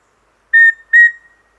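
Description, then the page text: Rufous-breasted antthrush singing a pair of pure, level whistles, the second note a touch longer and trailing off, with near silence around them. "Andrew Spencer - Рыжегрудая питтоподобная муравьеловка (Formicarius rufipectus)"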